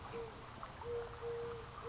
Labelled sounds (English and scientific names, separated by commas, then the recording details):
Eurasian Collared Dove (Streptopelia decaocto)
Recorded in Sonoma County, California